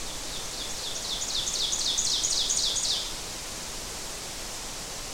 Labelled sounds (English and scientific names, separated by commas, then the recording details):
Ovenbird (Seiurus aurocapilla) song
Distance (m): 30 m
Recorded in boreal forest in Alberta, Canada, on 12 June 2016 at 06:12
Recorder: SongMeter 3, array SBT-3-18
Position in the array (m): 230 m, 88 m
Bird 31